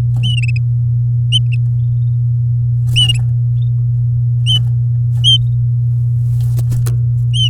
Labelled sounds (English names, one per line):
Domestic Canary song